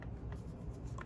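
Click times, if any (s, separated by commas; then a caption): none. A 20 V 8 Ah slide-on battery pack is being handled at the base of a Dewalt XR 4 1/2"-5" cordless angle grinder, ready to be pushed on. Brief faint taps of handling are heard at about 0.0, 0.3 and 1.0 seconds over a low steady background. Nothing has seated or clicked yet.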